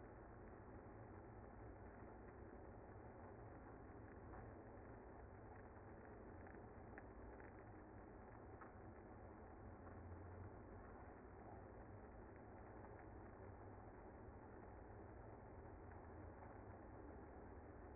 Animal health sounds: honeybee colony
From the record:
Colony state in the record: active

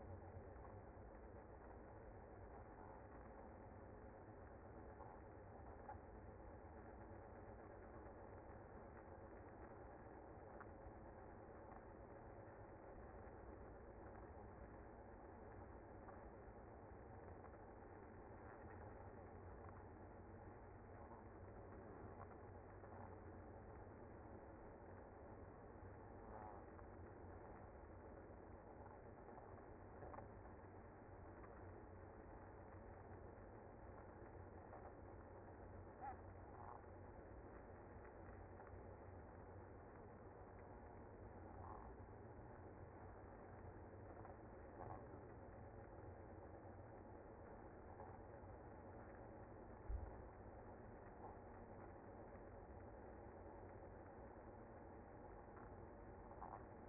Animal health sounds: honeybee colony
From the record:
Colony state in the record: active

